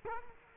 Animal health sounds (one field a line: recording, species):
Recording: mosquito wingbeat signal from an infrared sensor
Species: Culex quinquefasciatus